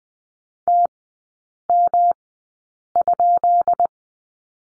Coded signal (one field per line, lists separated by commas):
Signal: Morse code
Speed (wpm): 20 wpm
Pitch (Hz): 700 Hz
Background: none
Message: TM?